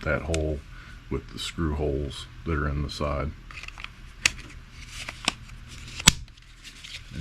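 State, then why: Seated. A plastic insert is lined up by its hole with the screw holes in the side and pushed into a DaVinci deck post light housing, while someone talks at the start. Several small sharp clicks and taps follow, and the loudest sharp snap at 6.1 s marks the insert seating in place.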